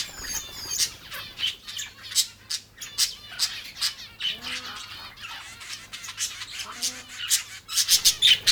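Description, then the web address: Exotic birds squawking in short harsh bursts, scattered clicks and two low, rising nasal notes in the middle. "Blue Box birds birds exotic"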